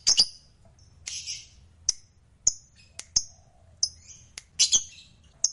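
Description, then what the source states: Lovebird uttering scattered sharp high chirps and short scratchy squawks, irregularly spaced, some in quick pairs; faint low hum underneath. Lovebird described as a fighter bird, gacor (singing energetically).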